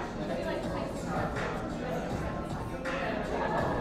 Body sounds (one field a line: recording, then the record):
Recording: background sound without coughing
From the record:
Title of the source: 60 minutes of coffee shop sounds for study and concentration